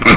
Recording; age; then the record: pig call; piglet (1 to 25 days)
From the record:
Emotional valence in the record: positive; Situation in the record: reunion after long isolation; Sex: male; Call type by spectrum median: low-frequency call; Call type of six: low-frequency tonal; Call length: 0.17 s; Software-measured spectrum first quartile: 553 Hz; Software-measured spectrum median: 1587 Hz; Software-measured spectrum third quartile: 3000 Hz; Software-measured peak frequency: 199 Hz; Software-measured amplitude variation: 160 dB a second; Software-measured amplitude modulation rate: 11.7 a second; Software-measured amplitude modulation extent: 13.7 dB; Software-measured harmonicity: 0.6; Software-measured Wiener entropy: -1.47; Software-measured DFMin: 1199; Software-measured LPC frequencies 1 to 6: 1264, 2153, 3925, 4713, 6340, 7390 Hz